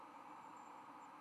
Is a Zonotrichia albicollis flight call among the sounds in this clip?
no